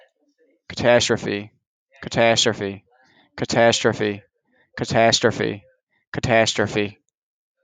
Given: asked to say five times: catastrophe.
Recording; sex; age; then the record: repeated word; male; 20 to 29 years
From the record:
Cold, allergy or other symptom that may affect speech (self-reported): no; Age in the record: 25 years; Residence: Maryland, United States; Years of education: 12